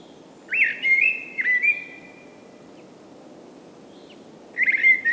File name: Common Blackbird Turdus merula